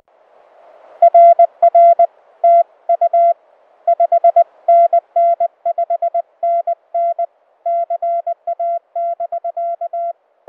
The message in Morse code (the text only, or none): RR TU 5NN 5NN CA <BK>